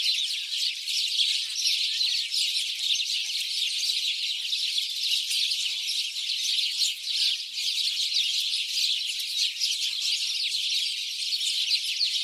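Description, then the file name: House sparrows giving a continuous chorus of quick chirps. "Passer domesticus"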